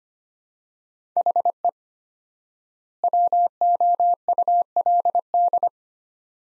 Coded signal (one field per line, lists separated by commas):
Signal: Morse code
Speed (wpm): 25 wpm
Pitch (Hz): 700 Hz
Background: none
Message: HE WOULD